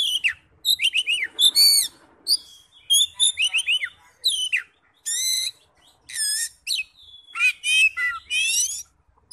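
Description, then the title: Oriental magpie-robin pouring out a highly varied song of sharp whistles, downslurred notes and rasping trills in quick succession. "Kacer"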